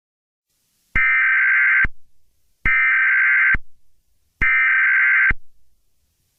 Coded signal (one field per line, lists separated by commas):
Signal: Emergency Alert System (SAME) tones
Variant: header bursts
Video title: EAS Scenario - The Intrusion